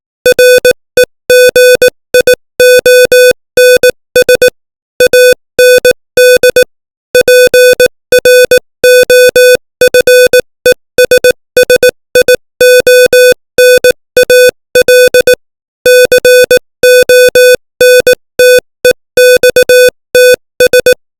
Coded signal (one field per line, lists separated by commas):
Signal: Morse code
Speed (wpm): 18 wpm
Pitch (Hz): 500 Hz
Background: music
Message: REGIONS AND PROFESSIONAL CONTEXTS